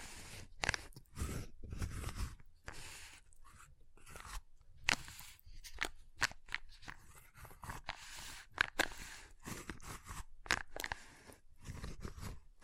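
Ice being tapped, scratched and carved in irregular bursts of crisp crunching scrapes and sharp clicks, with brief quiet gaps between strokes.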